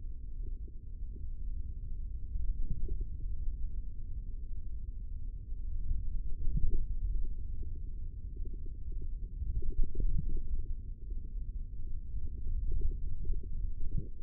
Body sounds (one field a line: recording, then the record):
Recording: forearm muscle sounds (acoustic myography)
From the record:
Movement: index flexion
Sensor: system 3, bracelet of six PUI Audio POM-2738L microphones around the upper forearm, with dedicated amplification and filtering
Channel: 5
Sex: male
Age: 43 years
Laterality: right